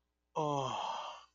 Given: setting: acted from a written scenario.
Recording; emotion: vocal sound without words; desire